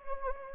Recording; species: mosquito wingbeat signal from an infrared sensor; Anopheles gambiae